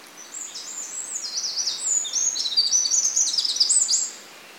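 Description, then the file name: Eurasian wren song: a fast, high-pitched run of tumbling trills and sharp notes, building in loudness for about four seconds before stopping, over a soft hiss. "Troglodytes troglodytes"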